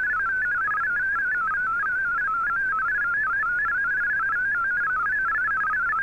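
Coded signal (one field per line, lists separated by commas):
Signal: multi-tone FSK (Olivia or MFSK type)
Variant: MFSK32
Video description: here is my decode of the Shortwave Radiogram broadcast today on 15770Khz shortwave radio at 1300UTC in MFSK32 and 64 and with 9 SSTV images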